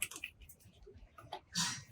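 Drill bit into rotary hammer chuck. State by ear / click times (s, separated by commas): not seated / none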